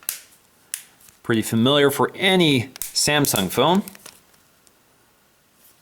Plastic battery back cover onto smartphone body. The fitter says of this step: it snaps into place